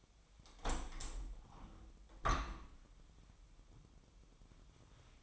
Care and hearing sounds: daily activity, microphone in the room; open window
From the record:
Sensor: 1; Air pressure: 1006.5 hPa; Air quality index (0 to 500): 209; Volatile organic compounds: 24 ppm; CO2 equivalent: 2808 ppm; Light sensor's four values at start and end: 12/30/12/13 and 12/32/12/14

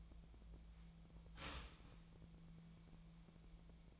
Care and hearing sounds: daily activity, microphone in the room; start toaster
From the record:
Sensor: 1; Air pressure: 1009.4 hPa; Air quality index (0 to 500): 196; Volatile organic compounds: 20 ppm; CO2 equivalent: 2677 ppm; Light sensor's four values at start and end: 28/71/30/35 and 28/71/30/35

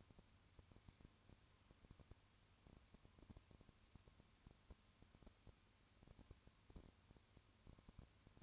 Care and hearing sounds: daily activity, microphone in the room; no activity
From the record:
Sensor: 2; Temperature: 20.3 degrees Celsius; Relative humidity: 35.6%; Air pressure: 1000.9 hPa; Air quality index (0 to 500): 197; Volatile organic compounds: 5 ppm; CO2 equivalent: 1736 ppm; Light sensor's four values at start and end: 2/3/2/2 and 2/3/2/2

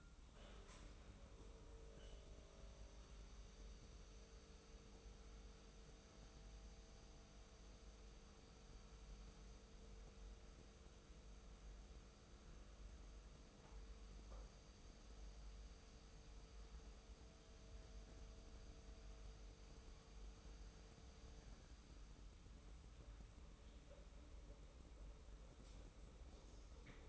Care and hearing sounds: daily activity, microphone in the room; make coffee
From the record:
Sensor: 1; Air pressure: 990.8 hPa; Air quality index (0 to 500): 143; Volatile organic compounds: 826 ppm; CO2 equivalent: 5152 ppm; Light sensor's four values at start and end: 21/50/21/23 and 21/50/21/23

